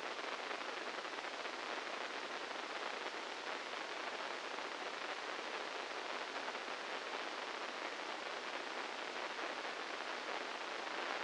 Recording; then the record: brain microelectrode recording played as sound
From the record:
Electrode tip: inside the subthalamic nucleus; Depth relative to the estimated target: -4 mm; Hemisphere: right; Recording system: NeuroSet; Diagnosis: Parkinson's disease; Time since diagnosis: 15 years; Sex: female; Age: 59 years